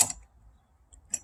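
A lock mechanism part for an RV entry door is pushed into the door's lock housing after being lined up, with some fiddling and rattling at the start. A faint tick follows, then a sharp click at 1.2 s as the part seats in place.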